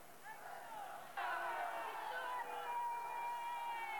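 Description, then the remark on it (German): A crowd of many voices in Bucharest, Romania, shouts and chants "Victorie" (victory) together, a loud sustained roar of massed cries that swells suddenly after a second and carries on unbroken. “Viktorie, Sieg, lauteten die Rufe.”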